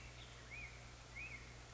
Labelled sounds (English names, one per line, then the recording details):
Black-headed Grosbeak
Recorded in Sonoma County, California